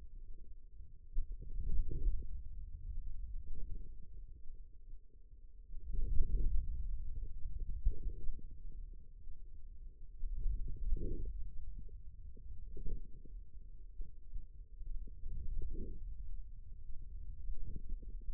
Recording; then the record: forearm muscle sounds (acoustic myography)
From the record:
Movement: hand closing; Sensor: system 2, bracelet of six BSWA MPA416 microphones around the upper forearm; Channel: 3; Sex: male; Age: 22 years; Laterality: right